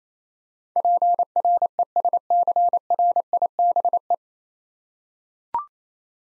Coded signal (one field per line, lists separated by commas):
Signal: Morse code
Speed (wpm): 28 wpm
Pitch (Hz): 700 Hz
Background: none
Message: PRESCRIBE